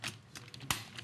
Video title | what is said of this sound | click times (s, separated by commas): HSN - HSN Today: Home Solutions 09.07.2016 - 08 AM | YOU WILL HEAR IT ONCE YOU DO THAT, YOU'RE THAT SNAP LIKE THAT. | 0.7 s